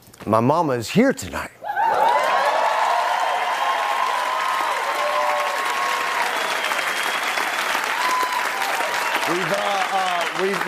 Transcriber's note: applause